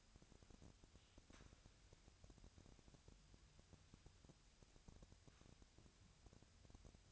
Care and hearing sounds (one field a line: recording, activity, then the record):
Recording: daily activity, microphone in the room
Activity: wipe stove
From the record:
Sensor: 2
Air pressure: 1006.9 hPa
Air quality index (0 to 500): 198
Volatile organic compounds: 13 ppm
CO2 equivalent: 2428 ppm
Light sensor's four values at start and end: 9/23/9/10 and 9/23/9/10